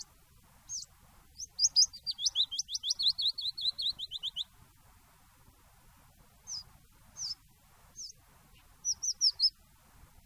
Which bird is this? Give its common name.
Willow Warbler